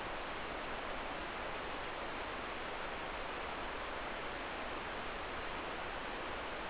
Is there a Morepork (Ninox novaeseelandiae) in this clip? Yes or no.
no